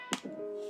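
A plastic hand is pulled off the wrist peg of a Blokees Star Wars action figure and pops off with a sharp, bright snap at 0.1 s. Afterward only a steady, tonal background hum remains, leaving the hand released from the peg.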